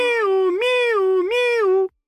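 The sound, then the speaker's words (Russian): Three kittens meowing joyfully in a loud, continuous, drawn-out call that swoops upward three times, each rise settling into a steady, mid-pitched, tonal wail before cutting off abruptly. “И котята радостно закричали. «Здорово! Миу!”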